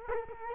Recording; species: mosquito wingbeat signal from an infrared sensor; Culex quinquefasciatus